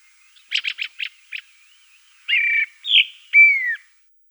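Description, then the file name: Dusky thrush singing one phrase: five quick dry notes, a short pause, then three clear whistles, the last sliding downward. "Drozd buryj"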